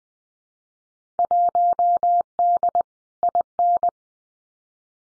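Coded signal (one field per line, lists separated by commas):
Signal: Morse code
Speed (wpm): 20 wpm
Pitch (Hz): 700 Hz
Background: none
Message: 1D IN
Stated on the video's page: Simulated Field Day contest exchanges in Morse at 20 wpm for head-copy practice, each sent, spoken, then sent again.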